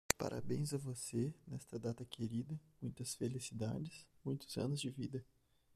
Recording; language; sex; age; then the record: short text; Brazilian Portuguese; male; 20 to 29 years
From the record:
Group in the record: control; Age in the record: 21 years